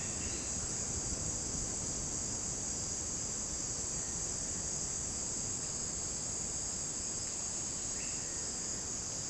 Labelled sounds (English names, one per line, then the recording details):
none
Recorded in dense forest near Puerto Asís, Putumayo, Colombia, on 25 June 2025 at 11:00
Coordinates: 0.499, -76.324
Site G100